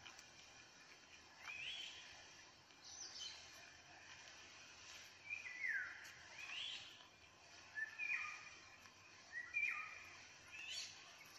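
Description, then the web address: Eurasian jay soft song, a loose run of swooping whistles and scratchy notes spaced a second or two apart, over steady low hiss. "geai chant"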